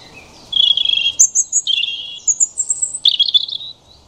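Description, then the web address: European robin song: one bright phrase of varied notes, sustained warbles, high squeaky slurs and a final trill, all high-pitched and clear. "Deverinetal 2025 File origin Bird Only Er Ru"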